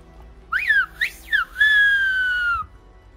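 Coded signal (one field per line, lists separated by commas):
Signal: whistled language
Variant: Turkish Kuş dili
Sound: four quick gliding whistles ending in one long slowly falling whistled tone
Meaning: Calls the name Mustafa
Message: Mustafa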